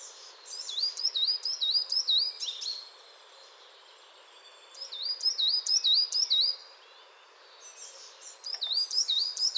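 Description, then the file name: Coal tit calling in three rapid strings of high wavy whistles separated by pauses, the last string cut off at the end. Chattering coal tit. "MESANGE NOIRE BAVARDE"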